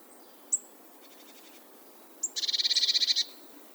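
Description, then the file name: Eurasian blue tit: a few thin, high notes, then a rapid buzzy churring trill lasting about a second. "Cyanistes caeruleus"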